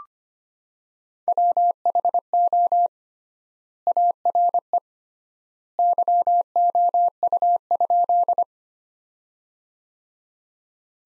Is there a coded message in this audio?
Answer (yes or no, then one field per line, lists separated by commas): yes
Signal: Morse code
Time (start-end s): 1.3-8.4 s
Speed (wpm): 25 wpm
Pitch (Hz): 700 Hz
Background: none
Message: WHO ARE YOU?